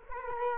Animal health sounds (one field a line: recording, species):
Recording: mosquito wingbeat signal from an infrared sensor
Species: Culex quinquefasciatus